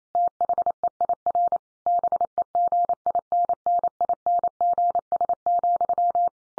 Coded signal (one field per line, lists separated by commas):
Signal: Morse code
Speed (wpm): 28 wpm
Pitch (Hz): 700 Hz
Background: none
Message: THEIR BEGINNINGS,